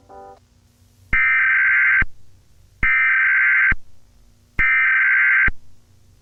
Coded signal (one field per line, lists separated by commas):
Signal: Emergency Alert System (SAME) tones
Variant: header bursts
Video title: [Anime] Ceres Fauna's Holografitti EAS interruption